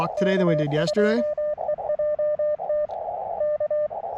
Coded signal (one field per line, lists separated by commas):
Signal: Morse code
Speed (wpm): 24 wpm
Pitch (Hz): 600 Hz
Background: speech, radio noise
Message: K2EJT K